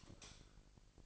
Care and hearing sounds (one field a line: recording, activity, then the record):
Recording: daily activity, microphone in the room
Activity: light off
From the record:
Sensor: 5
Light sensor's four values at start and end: 15/36/15/16 and 15/36/15/16